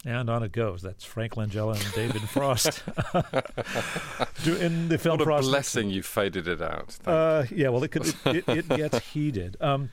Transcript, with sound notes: And on it goes. That's Frank Langella and David Frost... (LAUGHTER) Do - in the film Frost...
It's a blessing you faded it out. Thank you.
Yeah, well it could - it gets heated.